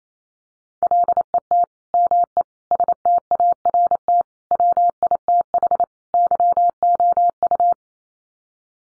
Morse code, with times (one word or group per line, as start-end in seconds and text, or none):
0.8-1.6 LET
1.9-2.4 ME
2.7-4.2 START
4.5-5.8 WITH
6.1-7.7 YOU